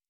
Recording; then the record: hydrophone in a shrimp aquaculture tank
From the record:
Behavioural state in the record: normal